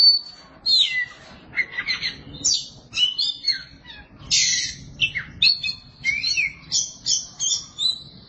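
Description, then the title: Oriental magpie-robin song with varied whistles, squeaky notes and raspy bursts, tumbling quickly from phrase to phrase. "Suara Kicauan Burung Kacer"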